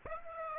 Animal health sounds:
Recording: mosquito wingbeat signal from an infrared sensor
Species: Aedes aegypti

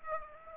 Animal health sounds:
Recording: mosquito wingbeat signal from an infrared sensor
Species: Aedes aegypti

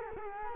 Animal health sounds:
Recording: mosquito wingbeat signal from an infrared sensor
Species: Culex quinquefasciatus

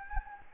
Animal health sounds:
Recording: mosquito wingbeat signal from an infrared sensor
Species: Anopheles gambiae

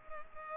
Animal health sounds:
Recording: mosquito wingbeat signal from an infrared sensor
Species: Culex pipiens

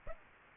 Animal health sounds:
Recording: mosquito wingbeat signal from an infrared sensor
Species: Aedes aegypti

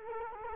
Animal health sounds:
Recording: mosquito wingbeat signal from an infrared sensor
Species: Culex quinquefasciatus

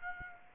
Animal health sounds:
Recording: mosquito wingbeat signal from an infrared sensor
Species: Aedes aegypti

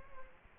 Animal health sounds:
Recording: mosquito wingbeat signal from an infrared sensor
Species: Aedes aegypti

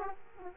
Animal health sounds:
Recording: mosquito wingbeat signal from an infrared sensor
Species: Aedes aegypti

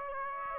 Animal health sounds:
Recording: mosquito wingbeat signal from an infrared sensor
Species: Aedes aegypti

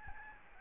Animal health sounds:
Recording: mosquito wingbeat signal from an infrared sensor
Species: Aedes albopictus

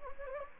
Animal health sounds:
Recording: mosquito wingbeat signal from an infrared sensor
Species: Anopheles gambiae

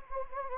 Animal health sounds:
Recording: mosquito wingbeat signal from an infrared sensor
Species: Anopheles gambiae

